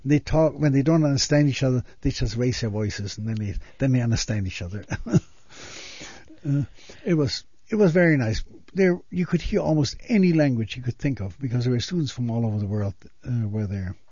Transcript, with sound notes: They talk, when they don't understand each other they just raise their voices, and then they understand each other. (he laughs) It was very nice. There, you could hear almost any language you could think of, because there were students from all over there world were there.